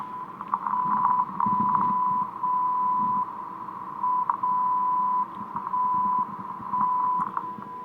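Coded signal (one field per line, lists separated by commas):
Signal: radio time signal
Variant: WWVB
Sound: steady 1 kHz beat tone whose loudness drops about once a second, with crackling interference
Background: radio static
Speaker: what I've done here to hear it is really just take my computer speakers these guys unplug them from the computer and I just alligator clip them on to the scope probe out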